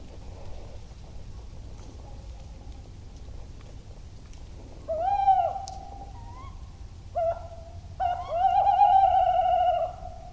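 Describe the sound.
Tawny owl hooting: a short hoot, a brief soft note, another short note, then a long quavering, vibrating hoot, over a low background hum.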